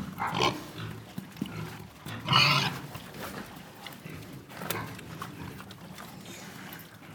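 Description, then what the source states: Pigs giving soft scattered grunts with a few brief squeals, one louder than the rest. Piglets.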